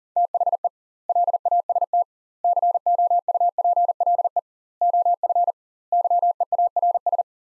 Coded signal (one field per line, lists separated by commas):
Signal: Morse code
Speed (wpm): 37 wpm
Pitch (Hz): 700 Hz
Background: none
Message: THE LAST COUPLE OF YEARS